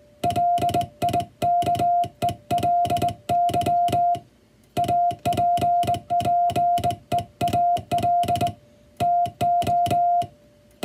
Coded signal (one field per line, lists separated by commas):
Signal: Morse code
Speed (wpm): 20 wpm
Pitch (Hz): 700 Hz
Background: music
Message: LIKELY APPEAL TO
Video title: 【欧文モールス符号】第１級総合無線通信士の電気通信術の送信試験は５分間です。５分間で何字送信できるのか挑戦してみました。(training for radio operator)